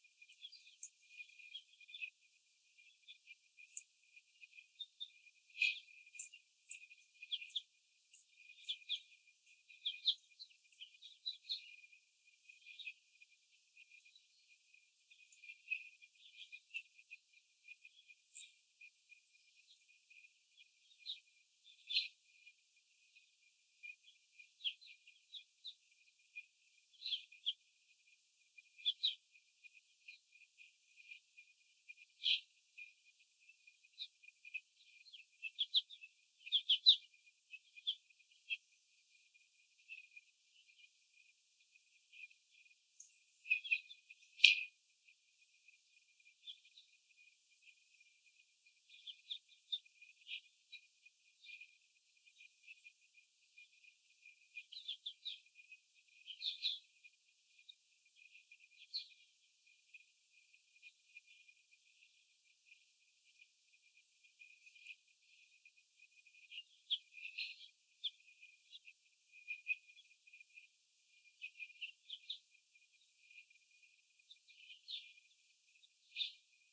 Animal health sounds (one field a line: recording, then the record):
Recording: young laying hens in a cage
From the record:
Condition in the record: after the stressor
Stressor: simulated dog barking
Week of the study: 4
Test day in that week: 3